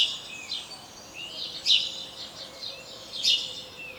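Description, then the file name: House sparrow chirps, a few loud harsh notes amid softer chirping and twittering. "Passer domesticus"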